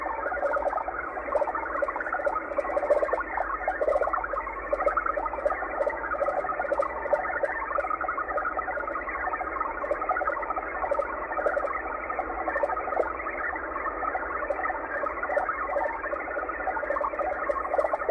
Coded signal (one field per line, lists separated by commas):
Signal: HF data modem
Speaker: there you go uh xpb out of Moscow Russia with a digital transmission